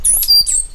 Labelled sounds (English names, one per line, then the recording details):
Stitchbird song
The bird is a male
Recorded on Tiritiri Matangi Island, New Zealand, in 2005
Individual 8, of nest box 10